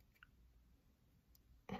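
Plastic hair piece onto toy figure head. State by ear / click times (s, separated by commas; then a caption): not seated / none. A plastic hair piece is pressed onto the head of a Playmobil Scooby-Doo ghost toy figure, producing a few faint, small plastic taps at about 0.2 and 1.4 seconds and a louder brief knock near 1.7 seconds. Nothing has seated or clicked yet, and the hair piece fails to snap on.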